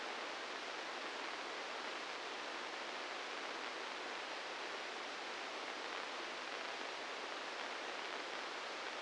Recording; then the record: brain microelectrode recording played as sound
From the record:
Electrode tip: inside the subthalamic nucleus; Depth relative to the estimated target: -1 mm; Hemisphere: right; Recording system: NeuroSet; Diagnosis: Parkinson's disease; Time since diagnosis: 15 years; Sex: female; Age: 59 years